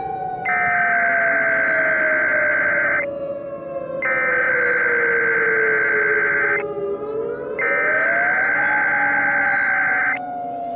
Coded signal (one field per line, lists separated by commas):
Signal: Emergency Alert System (SAME) tones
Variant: header bursts